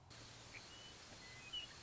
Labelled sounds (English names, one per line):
Western Meadowlark